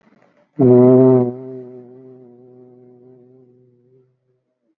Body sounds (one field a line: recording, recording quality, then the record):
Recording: sustained vowel as in boot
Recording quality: excellent, no background noise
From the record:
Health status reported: COVID-19 positive, moderate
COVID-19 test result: positive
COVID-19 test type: RT-PCR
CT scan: taken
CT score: 13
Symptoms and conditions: cough, cold, breathing difficulty, sore throat, fever, fatigue, muscle pain, asthma, another respiratory illness, hypertension, ischaemic heart disease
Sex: male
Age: 81 years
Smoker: no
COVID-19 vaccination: both doses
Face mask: worn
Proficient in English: yes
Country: India